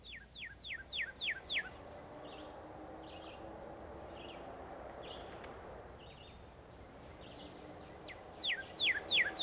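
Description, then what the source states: Northern cardinal song: a quick run of clear, downslurred whistles, a quiet gap, then the same whistled series again at the end. Male almost all red.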